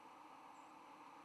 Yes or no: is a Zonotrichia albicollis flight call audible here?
yes